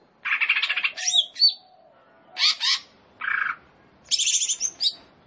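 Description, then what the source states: Leafbird singing brief buzzy rattles, sharp upslurred whistles and a harsh trill in four separate phrases. Indonesian name cucak ijo; described as gacor, singing vigorously.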